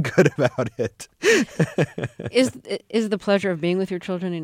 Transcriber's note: soundbite of laughter